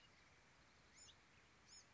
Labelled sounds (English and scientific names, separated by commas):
Bewick's Wren (Thryomanes bewickii)